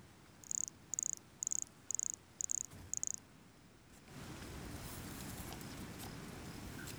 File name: Brachycephalus sulfuratus near Jurupara dam 29 set 2016 MRBornschein